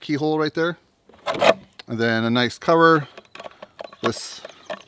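Someone talks while handling the plastic blade cover of a compact Milwaukee M12 detail hedge trimmer with an 8-inch blade, bringing it toward the cutting bar. Short, light knocks and scrapes are heard around 3.3–3.8 s and again near 4.8 s. Nothing has seated or clicked yet.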